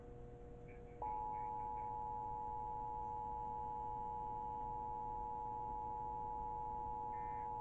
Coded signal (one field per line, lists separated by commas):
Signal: Emergency Alert System (SAME) tones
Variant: 853 and 960 Hz attention tone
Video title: EAS 1263-1264: Pennsylvania Required Monthly Test For December (PART 2)